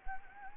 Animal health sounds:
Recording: mosquito wingbeat signal from an infrared sensor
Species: Anopheles gambiae

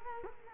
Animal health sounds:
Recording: mosquito wingbeat signal from an infrared sensor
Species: Culex quinquefasciatus

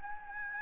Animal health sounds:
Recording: mosquito wingbeat signal from an infrared sensor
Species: Anopheles gambiae

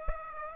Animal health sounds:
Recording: mosquito wingbeat signal from an infrared sensor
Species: Aedes aegypti

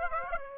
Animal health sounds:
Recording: mosquito wingbeat signal from an infrared sensor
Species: Aedes aegypti

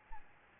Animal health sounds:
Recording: mosquito wingbeat signal from an infrared sensor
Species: Aedes albopictus

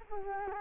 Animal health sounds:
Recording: mosquito wingbeat signal from an infrared sensor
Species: Culex quinquefasciatus

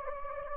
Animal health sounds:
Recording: mosquito wingbeat signal from an infrared sensor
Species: Anopheles gambiae

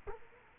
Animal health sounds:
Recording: mosquito wingbeat signal from an infrared sensor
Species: Culex quinquefasciatus

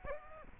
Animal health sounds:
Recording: mosquito wingbeat signal from an infrared sensor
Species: Aedes aegypti

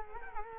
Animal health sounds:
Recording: mosquito wingbeat signal from an infrared sensor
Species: Culex quinquefasciatus

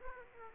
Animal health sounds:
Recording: mosquito wingbeat signal from an infrared sensor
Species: Aedes aegypti

